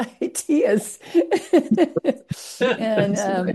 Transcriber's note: laughs